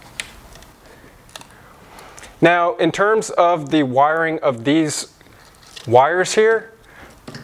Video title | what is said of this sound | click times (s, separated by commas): ChargePoint Home Flex Level 2 EV Charger Installation and Mobile App Setup | and then you're going to take it and press it into place and you should hear it snap | 0.2 s